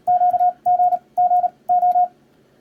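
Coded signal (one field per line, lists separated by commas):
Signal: Morse code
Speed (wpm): 35 wpm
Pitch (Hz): 720 Hz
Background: radio noise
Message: QG G O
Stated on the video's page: Paddle and keyer demos comparing Iambic A and Iambic B keying, with the keyer set to slow speed.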